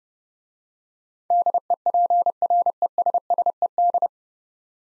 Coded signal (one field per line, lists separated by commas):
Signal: Morse code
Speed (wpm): 30 wpm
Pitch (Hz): 700 Hz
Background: none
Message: DEPRESSED